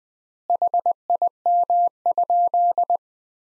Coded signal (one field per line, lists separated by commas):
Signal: Morse code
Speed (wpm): 20 wpm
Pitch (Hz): 700 Hz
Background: none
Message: HIM?